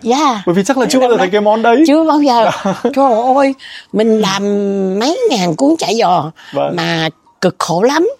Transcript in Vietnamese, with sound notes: Bởi vì chắc là chưa bao giờ thấy cái món đấy.
Chưa bao giờ. [cười] Trời ôi! Mình làm mấy ngàn cuốn chả giò mà cực khổ lắm.